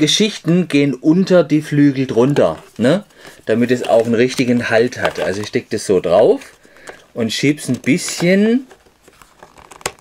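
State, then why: Seated. Someone talks while pushing a plastic armor piece onto a Toothless & Hiccup Armored Dragon toy figure, fitting it under the wings and sliding it forward. Faint plastic handling ticks lead into a sharp snap at 9.9 s as the piece latches into place and is seated.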